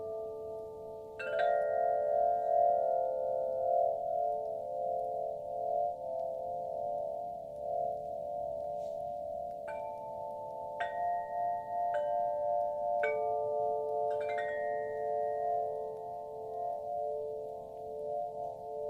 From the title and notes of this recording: ASMR Tibetan singing bowl.